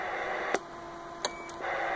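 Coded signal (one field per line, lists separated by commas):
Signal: roger beep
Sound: radio hiss, a click into quiet carrier, one short high beep, then hiss returns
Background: radio static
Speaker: So here we go. Roger beep, y'all.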